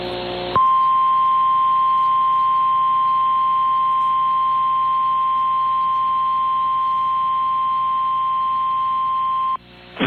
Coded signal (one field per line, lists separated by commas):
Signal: Emergency Alert System (SAME) tones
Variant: 1050 Hz attention tone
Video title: EAS #826-827: 2 EAS Severe Thunderstorm Warnings- June 13, 2023- 4:15PM PDT